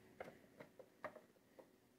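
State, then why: Not seated. During an Eaton 5E UPS battery install, a long screwdriver turns a case screw backwards in the plastic UPS housing so it can drop into its existing thread rather than cut a new one. A series of short, sharp ticks is heard, the loudest two near 0.2 and 1.1 seconds, with fainter ones between. Nothing has clicked into the thread or seated yet.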